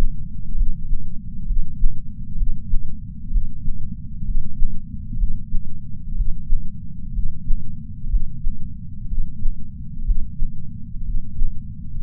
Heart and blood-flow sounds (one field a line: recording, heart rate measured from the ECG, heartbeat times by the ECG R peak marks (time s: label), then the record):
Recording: heart sounds by patch sensor on the chest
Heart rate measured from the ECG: 63 bpm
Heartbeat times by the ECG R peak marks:
0.55 s: heartbeat
1.45 s: heartbeat
2.35 s: heartbeat
3.30 s: heartbeat
4.23 s: heartbeat
5.16 s: heartbeat
6.14 s: heartbeat
7.11 s: heartbeat
8.08 s: heartbeat
9.06 s: heartbeat
10.03 s: heartbeat
11.02 s: heartbeat
12.01 s: heartbeat
From the record:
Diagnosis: coronary artery disease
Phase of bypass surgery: preoperative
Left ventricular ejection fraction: 49.5%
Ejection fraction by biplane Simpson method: 47.8%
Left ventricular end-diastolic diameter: 60 mm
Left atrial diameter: 43 mm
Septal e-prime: 5 cm/s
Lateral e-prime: 6.6 cm/s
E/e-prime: 10.3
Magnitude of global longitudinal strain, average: 15.5%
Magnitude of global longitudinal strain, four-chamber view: 15.2%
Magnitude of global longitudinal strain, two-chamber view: 16.5%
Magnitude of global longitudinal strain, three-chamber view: 14.7%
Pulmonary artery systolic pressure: 27 mmHg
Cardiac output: 5.6 L/min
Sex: male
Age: 57 years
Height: 175 cm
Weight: 71 kg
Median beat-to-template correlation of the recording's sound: 0.89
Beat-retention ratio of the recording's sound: 0.99